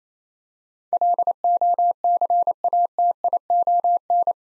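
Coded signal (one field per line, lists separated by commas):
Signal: Morse code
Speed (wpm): 28 wpm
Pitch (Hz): 700 Hz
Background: none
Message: LOCATION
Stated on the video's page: Morse practice at 28 wpm building 8-letter words two letters at a time, for instant character recognition.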